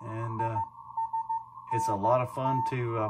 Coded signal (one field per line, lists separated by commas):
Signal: Morse code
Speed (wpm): 15 wpm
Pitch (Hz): 900 Hz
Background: speech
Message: ISNT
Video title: RTL-SDR (software defined radio) demo